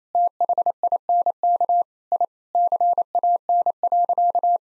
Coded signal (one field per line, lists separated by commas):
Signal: Morse code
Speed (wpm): 28 wpm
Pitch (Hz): 700 Hz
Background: none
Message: THINK I CAN.